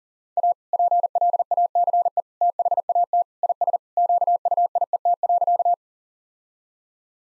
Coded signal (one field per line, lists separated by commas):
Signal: Morse code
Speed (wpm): 37 wpm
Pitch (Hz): 700 Hz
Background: none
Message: A PLACE THAT IS QUIET.